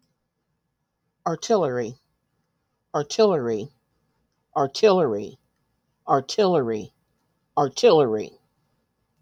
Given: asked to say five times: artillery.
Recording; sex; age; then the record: repeated word; female; 60 to 69 years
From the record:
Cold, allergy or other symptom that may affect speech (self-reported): no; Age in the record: 64 years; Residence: Ohio, United States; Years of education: 15